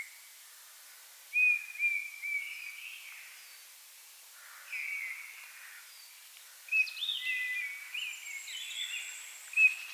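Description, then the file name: Eurasian bullfinch giving soft whistled calls in brief bursts with quiet gaps, while other small birds twitter and a high thin note drifts. "Pyrrhula pyrrhula"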